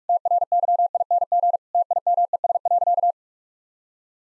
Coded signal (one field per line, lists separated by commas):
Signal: Morse code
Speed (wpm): 46 wpm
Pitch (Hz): 700 Hz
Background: none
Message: TRYING TIMES.